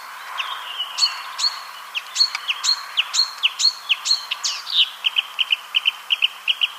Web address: ljud Acrocephalus palustris